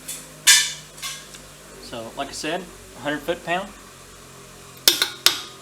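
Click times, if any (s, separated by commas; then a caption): 4.9 s, 5.3 s. A torque wrench set to 100 ft-lb tightens a lug nut on an XK8 coupe wheel while someone talks. The wrench clicks at the setting with sharp snaps at 4.9 s and 5.3 s, showing the lug nut is torqued.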